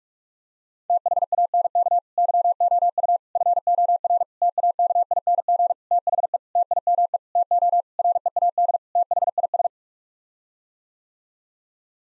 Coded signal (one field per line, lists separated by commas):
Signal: Morse code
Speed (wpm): 46 wpm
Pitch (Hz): 700 Hz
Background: none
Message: THANK YOU FOR TAKING THE TIME TO READ THIS